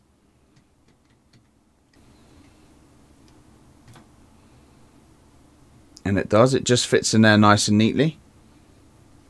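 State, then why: Not seated. A Raspberry Pi 5 single-board computer is handled over a layer of a layered acrylic Pibow Coupe 5 case, with faint quiet ticks around 1.3, 3.3 and 3.9 seconds against low background hiss. Someone talks from about 6 to 8 seconds. The board has not yet seated or clicked into the case layer.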